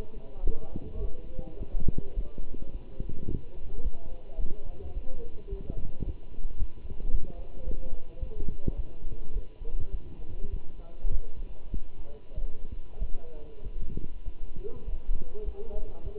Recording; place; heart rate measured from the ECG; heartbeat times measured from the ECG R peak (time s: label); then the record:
heart sounds by stethoscope; between the tricuspid and mitral areas; 104 bpm
0.46 s: heartbeat
1.02 s: heartbeat
1.59 s: heartbeat
2.16 s: heartbeat
2.72 s: heartbeat
3.28 s: heartbeat
3.84 s: heartbeat
4.40 s: heartbeat
4.95 s: heartbeat
5.50 s: heartbeat
6.05 s: heartbeat
6.59 s: heartbeat
7.12 s: heartbeat
7.66 s: heartbeat
8.21 s: heartbeat
8.77 s: heartbeat
9.35 s: heartbeat
9.92 s: heartbeat
10.51 s: heartbeat
11.12 s: heartbeat
11.72 s: heartbeat
12.36 s: heartbeat
13.00 s: heartbeat
13.64 s: heartbeat
14.25 s: heartbeat
14.87 s: heartbeat
15.46 s: heartbeat
16.04 s: heartbeat
From the record:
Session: walking at 3.7 km/h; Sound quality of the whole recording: good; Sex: male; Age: 24 years